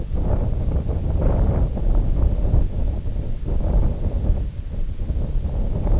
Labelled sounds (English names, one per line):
none